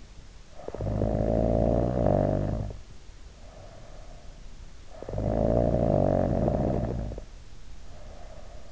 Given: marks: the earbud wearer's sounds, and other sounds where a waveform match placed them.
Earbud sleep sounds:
sounds in sleep by an in-ear microphone; snoring breath
0.27-4.42 s: snoring breath
4.95-8.72 s: snoring breath

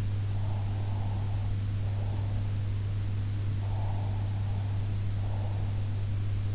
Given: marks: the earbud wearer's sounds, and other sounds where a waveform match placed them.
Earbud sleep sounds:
sounds in sleep by an in-ear microphone; breath
0.23-2.46 s: breath
3.51-5.97 s: breath

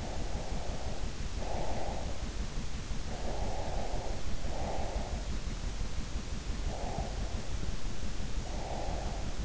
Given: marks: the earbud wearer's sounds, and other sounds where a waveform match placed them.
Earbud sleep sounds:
sounds in sleep by an in-ear microphone; breath
0.02-2.28 s: breath
3.15-5.38 s: breath
6.68-9.45 s: breath

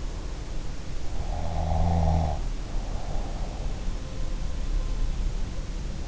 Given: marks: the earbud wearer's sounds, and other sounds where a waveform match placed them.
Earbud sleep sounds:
sounds in sleep by an in-ear microphone; snoring breath
1.34-3.60 s: snoring breath

